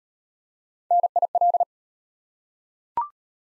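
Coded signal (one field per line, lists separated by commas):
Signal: Morse code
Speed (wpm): 34 wpm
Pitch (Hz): 700 Hz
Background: none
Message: NIL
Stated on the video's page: Morse abbreviations practice at 25 WPM, starting fast and slowing incrementally to base speed; fastest is 1.5 times slowest; final repeat at maximum speed.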